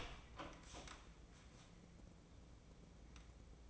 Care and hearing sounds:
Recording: daily activity, microphone in the room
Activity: open door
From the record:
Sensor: 1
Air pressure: 1012.3 hPa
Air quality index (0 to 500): 166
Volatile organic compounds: 3 ppm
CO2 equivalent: 1358 ppm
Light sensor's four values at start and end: 782/1763/802/948 and 781/1757/801/945

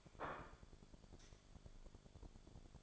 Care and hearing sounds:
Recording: daily activity, microphone in the room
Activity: place plate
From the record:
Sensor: 5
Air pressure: 1004.4 hPa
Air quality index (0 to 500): 169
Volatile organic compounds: 4 ppm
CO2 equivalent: 1587 ppm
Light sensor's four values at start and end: 17/40/15/14 and 17/40/15/14

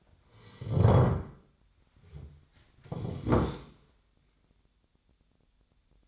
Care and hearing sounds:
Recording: daily activity, microphone in the room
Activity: sit down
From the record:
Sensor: 3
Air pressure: 1007.9 hPa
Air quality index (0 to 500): 191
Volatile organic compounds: 14 ppm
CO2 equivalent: 2449 ppm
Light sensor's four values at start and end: 12/28/12/12 and 12/28/12/12

